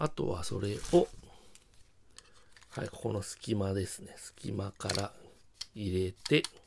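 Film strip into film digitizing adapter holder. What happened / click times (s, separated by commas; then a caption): The film strip is being fed into its holder and has not yet clicked into place / none. Someone talks while a film strip is fed into the gap of a Nikon ES-2 film digitizing adapter's holder, with faint short handling sounds between about 1.5 and 2.6 seconds. The strip has not clicked into a frame detent or seated yet.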